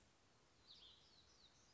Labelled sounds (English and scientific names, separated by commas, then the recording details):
Black-throated Gray Warbler (Setophaga nigrescens)
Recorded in Sonoma County, California